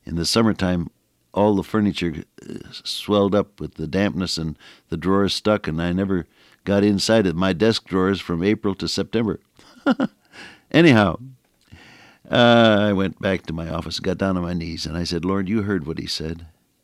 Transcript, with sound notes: In the summertime, all the furniture swelled up with the dampness, and the drawers stuck, and I never got inside of my desk drawers from April to September. [chuckle] Anyhow, I went back to my office, got down on my knees and I said, “Lord, you heard what he said.